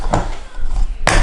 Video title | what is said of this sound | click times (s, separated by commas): THE NEW!!! WorkSharp Precison Knife Sharpener- Assembled and How To | You just click the base down, | 0.1 s, 1.1 s